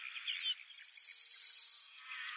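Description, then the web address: Pale rock sparrow song, a series of short high notes speeding up into a sustained cricket-like buzz lasting about a second, softer bird chatter before and after. "Schulze Peter Pale Rock Sparrow song"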